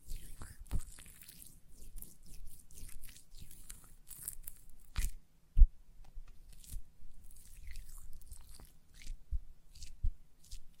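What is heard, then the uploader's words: Hands squish and rub gel lotion in irregular sticky bursts of crackling wet sound, with a sharp louder smack near five and a half seconds. ASMR Gel Lotion Hand Sounds (No Talking).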